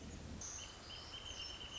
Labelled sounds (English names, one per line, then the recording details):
Wrentit
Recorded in Sonoma County, California